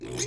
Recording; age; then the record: pig call; weaner (32 to 43 days)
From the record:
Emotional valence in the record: negative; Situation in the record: short isolation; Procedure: open field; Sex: female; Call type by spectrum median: high-frequency call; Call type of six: mixed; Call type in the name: high-frequency modulated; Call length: 0.27 s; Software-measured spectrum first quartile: 419 Hz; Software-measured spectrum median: 2654 Hz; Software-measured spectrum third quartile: 6198 Hz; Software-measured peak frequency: 361 Hz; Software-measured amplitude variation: 113 dB a second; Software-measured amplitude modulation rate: 16.9 a second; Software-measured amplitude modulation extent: 6.7 dB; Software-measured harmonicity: 4.2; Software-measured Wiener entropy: -3.35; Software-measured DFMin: 1110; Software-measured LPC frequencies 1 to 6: 398, 2258, 3587, 5143, 6343, 6701 Hz